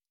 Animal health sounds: hydrophone in a shrimp aquaculture tank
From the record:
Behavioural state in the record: stressed

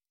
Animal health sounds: hydrophone in a shrimp aquaculture tank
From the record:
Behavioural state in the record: stressed

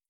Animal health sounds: hydrophone in a shrimp aquaculture tank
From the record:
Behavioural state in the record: feeding

